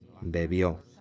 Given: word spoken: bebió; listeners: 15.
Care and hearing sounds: one Spanish word in noise, from a listening test; eight-talker babble; 24.2 dB; 5 of 15; 8 of 15; 0.61 s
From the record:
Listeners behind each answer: 8, 5, 1, 1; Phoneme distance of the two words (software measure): 10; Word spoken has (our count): 2 syllables, 5 phonemes, stress on syllable 2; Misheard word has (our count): 2 syllables, 5 phonemes, stress on syllable 2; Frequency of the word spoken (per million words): 6.03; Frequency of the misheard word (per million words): 43.85

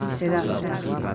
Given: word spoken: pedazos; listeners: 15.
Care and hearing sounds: one Spanish word in noise, from a listening test; eight-talker babble; -1.5 dB; 0 of 15; 7 of 15; 0.75 s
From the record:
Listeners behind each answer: 7, 1, 1, 1, 1, 1, 1, 1, 1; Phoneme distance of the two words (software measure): 41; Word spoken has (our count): 3 syllables, 7 phonemes, stress on syllable 2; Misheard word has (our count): 2 syllables, 4 phonemes, stress on syllable 1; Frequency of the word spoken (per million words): 12.06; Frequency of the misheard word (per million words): 1.58

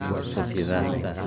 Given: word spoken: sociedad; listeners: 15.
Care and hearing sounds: one Spanish word in noise, from a listening test; eight-talker babble; -1.2 dB; 3 of 15; 12 of 15; 0.88 s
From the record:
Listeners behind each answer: 12, 3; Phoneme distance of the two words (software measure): 10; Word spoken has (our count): 3 syllables, 8 phonemes, stress on syllable 3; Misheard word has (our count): 3 syllables, 8 phonemes, stress on syllable 3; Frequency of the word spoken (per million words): 301.35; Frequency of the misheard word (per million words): 4.55

